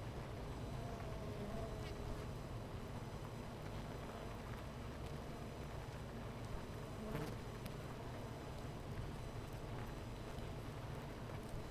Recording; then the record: honeybee colony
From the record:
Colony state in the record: missing queen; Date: 14 July 2017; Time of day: 10:49